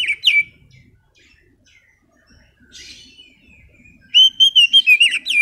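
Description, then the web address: Oriental magpie-robin song: two sharp whistled notes, then a quiet pause with a soft buzzy note, then a rapid burst of ringing, rising and falling whistles. Kacer audio used as a lure to prompt a bird that has stopped singing, and as a master training song for kacer birds. "kacer pancingan macet bunyi. masteran kacer"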